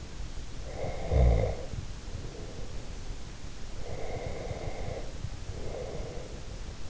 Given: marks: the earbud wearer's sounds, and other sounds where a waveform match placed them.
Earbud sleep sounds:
sounds in sleep by an in-ear microphone; snoring breath, breath
0.63-3.03 s: snoring breath
3.75-6.41 s: breath

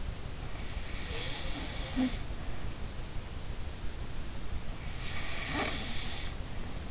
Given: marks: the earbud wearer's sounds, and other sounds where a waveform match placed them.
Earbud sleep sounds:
sounds in sleep by an in-ear microphone; snoring breath
0.28-2.74 s: snoring breath
4.83-6.91 s: snoring breath

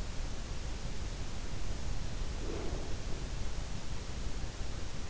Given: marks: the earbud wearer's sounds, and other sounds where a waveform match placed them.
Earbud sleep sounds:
sounds in sleep by an in-ear microphone; breath
2.23-3.24 s: breath

